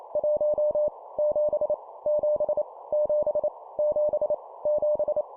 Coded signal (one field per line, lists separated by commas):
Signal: Morse code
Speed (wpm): 28 wpm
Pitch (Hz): 600 Hz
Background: none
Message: 1 7 7 7 7 7